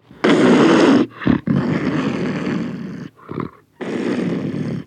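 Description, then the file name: Panther growls: three long, harsh, rasping bursts with two short ones between them, deep and rough throughout. Close recording of panther growls and roars. "Digiffects Sound Effects Library - Close Panther Growls and Roars"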